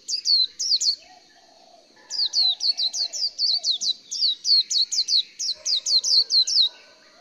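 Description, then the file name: White-eye singing quick high twittering phrases, sharp descending notes tumbling in fast runs after a brief opening pair, with soft lower background sounds. "綠繡眼"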